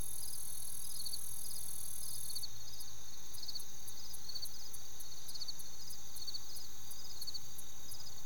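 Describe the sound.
Cricket chirps in quick pulsed groups over a constant high trill, joined partway by a regular ticking.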